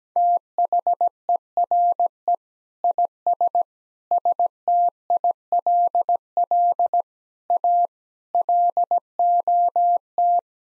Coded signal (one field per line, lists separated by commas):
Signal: Morse code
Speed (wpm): 17 wpm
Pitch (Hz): 700 Hz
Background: none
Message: THERE IS STILL A LOT